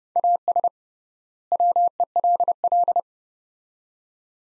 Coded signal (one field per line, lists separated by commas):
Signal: Morse code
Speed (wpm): 29 wpm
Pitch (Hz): 700 Hz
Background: none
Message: AS WELL